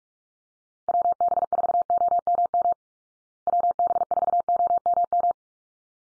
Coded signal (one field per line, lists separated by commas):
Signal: Morse code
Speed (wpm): 44 wpm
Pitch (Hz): 700 Hz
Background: none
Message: WB4OMM WB4OMM